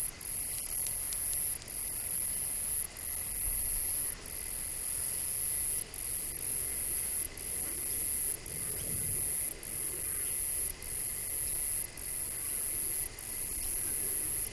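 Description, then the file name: Myopsalta crucifera, high-pitched buzzing call in steady bursts, each lasting about a second and broken by short gaps, over a faint background hiss. Recorded at Peak Crossing. "Myopsalta crucifera Peak Crossing"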